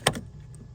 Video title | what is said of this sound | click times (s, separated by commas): Starter Clutch Pedal Switch Replacement - Ford Ranger. | so then once you get it in place it locks | 0.1 s